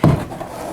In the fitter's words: you hear a snap and then